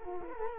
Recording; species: mosquito wingbeat signal from an infrared sensor; Culex quinquefasciatus